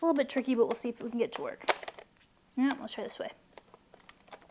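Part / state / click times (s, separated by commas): battery pack into a video camera / not seated / none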